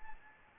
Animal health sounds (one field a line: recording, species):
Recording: mosquito wingbeat signal from an infrared sensor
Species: Anopheles gambiae